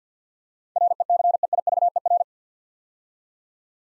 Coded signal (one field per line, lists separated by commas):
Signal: Morse code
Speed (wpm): 53 wpm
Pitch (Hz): 700 Hz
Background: none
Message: RECEIVER